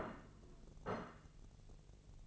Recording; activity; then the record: daily activity, microphone in the room; place plate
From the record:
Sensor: 4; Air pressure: 1001.0 hPa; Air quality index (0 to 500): 143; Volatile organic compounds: 2 ppm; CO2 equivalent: 1059 ppm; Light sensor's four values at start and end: 26/62/26/27 and 26/62/26/27